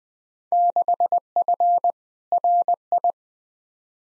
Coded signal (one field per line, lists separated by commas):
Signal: Morse code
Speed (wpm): 21 wpm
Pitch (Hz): 700 Hz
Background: none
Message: 6F RI